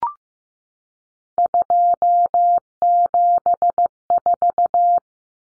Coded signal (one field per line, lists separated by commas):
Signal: Morse code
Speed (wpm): 15 wpm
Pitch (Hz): 700 Hz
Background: none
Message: 274